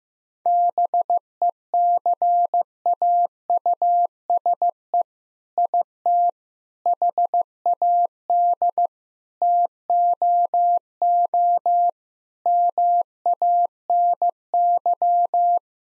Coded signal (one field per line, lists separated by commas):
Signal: Morse code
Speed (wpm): 15 wpm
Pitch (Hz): 700 Hz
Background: none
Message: BECAUSE IT HAD TOO MANY